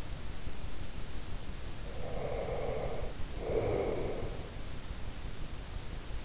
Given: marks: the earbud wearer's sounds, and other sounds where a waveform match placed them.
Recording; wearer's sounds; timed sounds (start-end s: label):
sounds in sleep by an in-ear microphone; breath
1.89-4.35 s: breath